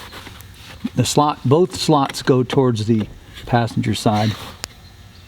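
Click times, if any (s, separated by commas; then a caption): none. Someone talks while handling a Ford F-150 center seat headrest tray, lining its headrest posts up with the truck seat's headrest guide slots. A brief sharp tap sounds near 4.6 s, but nothing has seated or clicked yet.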